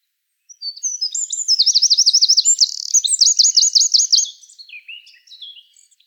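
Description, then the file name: Eurasian wren singing a vigorous high warble with two fast trills, followed by a few softer descending notes. "Troglodytes troglodytes"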